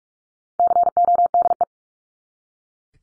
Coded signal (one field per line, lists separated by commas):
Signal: Morse code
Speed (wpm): 44 wpm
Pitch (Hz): 700 Hz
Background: none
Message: CODE